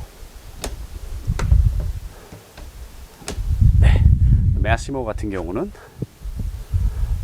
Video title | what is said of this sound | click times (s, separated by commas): 캠핑필수아이템 아이스박스는 꺼져라! 가성비짱! 캠핑/차박용 냉장고 꼭 사세요! Massimo CX50 E-Kooler Review (혹시 Alpicool?) 리뷰 | and you can feel and hear the click to ensure proper opening and closing | 0.6 s, 1.4 s, 3.3 s